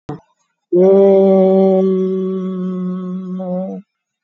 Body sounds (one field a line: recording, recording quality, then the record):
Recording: sustained vowel as in made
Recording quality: excellent, no background noise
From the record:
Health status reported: COVID-19 positive, moderate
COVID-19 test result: positive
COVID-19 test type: RT-PCR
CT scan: taken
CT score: 12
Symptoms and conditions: cough, cold, breathing difficulty, fatigue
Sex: female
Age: 60 years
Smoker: no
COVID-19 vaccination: none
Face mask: worn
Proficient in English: yes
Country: India